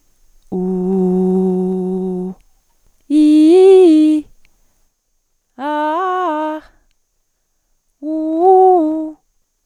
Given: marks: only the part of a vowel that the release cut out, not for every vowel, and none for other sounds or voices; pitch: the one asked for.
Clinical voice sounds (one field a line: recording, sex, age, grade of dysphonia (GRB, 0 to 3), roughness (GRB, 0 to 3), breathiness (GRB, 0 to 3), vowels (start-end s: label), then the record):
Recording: sustained vowels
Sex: female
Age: 20 to 29 years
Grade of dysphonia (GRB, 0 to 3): 0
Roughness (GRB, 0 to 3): 0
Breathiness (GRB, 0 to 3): 0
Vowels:
0.74-2.21 s: vowel /u/, low pitch
3.20-4.07 s: vowel /i/, low-high-low pitch
5.66-6.52 s: vowel /a/, low-high-low pitch
8.11-9.04 s: vowel /u/, low-high-low pitch
From the record:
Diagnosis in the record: healthy voice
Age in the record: 20 years